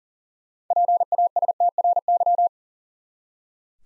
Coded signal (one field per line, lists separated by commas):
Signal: Morse code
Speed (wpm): 39 wpm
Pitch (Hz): 700 Hz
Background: none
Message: PASTRY